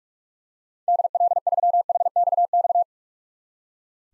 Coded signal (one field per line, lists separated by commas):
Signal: Morse code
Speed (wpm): 47 wpm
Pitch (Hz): 700 Hz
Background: none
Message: DL3HXX